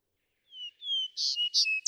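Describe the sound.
Vesper sparrow song opening: two drawn-out, slightly falling whistles followed by broad buzzy notes, cut off before the phrase finishes.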